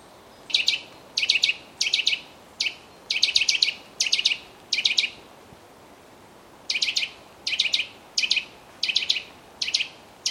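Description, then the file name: Eurasian nuthatch calls in short bursts of rapid, high piping notes, repeated in clusters with a pause in the middle of the sequence. "Sitta europaea"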